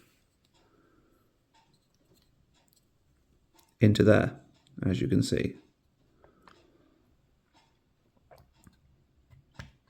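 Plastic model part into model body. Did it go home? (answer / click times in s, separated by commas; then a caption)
no / none. A plastic piece of a partwork model kit is handled and lowered toward its slot in the model body during assembly, with faint scattered taps and light clicks around the talk. Someone talks briefly in the middle of the clip. Nothing has seated or clicked into place yet.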